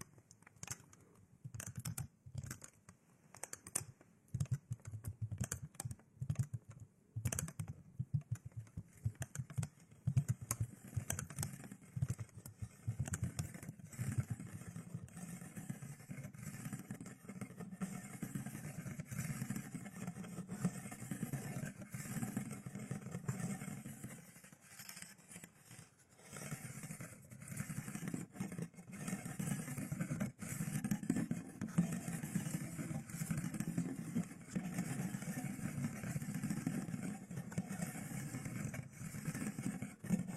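A massage with wooden tools: a dense, continuous rubbing and kneading with a low, rumbling body and rapid, clicky taps scattered throughout. The strokes come fast and fairly regularly, easing off briefly around the 25-second mark before resuming just as busily.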